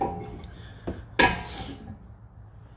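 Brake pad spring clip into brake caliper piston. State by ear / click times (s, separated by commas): seated / 1.2 s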